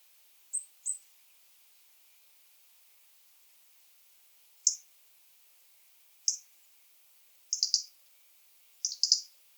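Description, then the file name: European robin giving sparse, brief, high notes, single at first, then short twittering clusters toward the end. "Erithacus rubecula"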